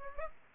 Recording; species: mosquito wingbeat signal from an infrared sensor; Aedes aegypti